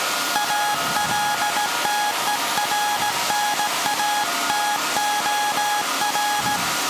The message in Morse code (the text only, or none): ALTERNATOR